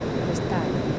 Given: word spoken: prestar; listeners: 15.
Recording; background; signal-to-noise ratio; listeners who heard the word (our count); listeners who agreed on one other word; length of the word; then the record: one Spanish word in noise, from a listening test; speech-shaped noise; -6.4 dB; 1 of 15; 12 of 15; 0.59 s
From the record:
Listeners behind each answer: 12, 1, 1, 1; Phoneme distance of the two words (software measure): 14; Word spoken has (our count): 2 syllables, 7 phonemes, stress on syllable 2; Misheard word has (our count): 2 syllables, 5 phonemes, stress on syllable 2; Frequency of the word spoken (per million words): 16.23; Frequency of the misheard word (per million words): 303.37